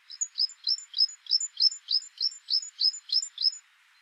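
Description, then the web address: Great tit call run of about eleven steady two-part notes, each a thin high tick followed by a bright downward sweep, evenly spaced and then stopping. "SETE data Parus major"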